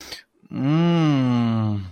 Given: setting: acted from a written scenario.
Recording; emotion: vocal sound without words; desire